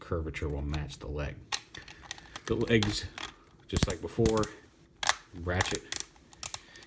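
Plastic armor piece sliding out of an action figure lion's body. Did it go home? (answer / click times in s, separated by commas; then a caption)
yes / 2.1 s. On a plastic lion action figure, the neck is pulled out and then a plastic armor piece slides out of the body until it clicks into its detent at 2.1 s, so its curve matches the leg. Small sharp clicks and ratcheting sounds come through between stretches of someone talking, with a louder cluster of clicks near the end.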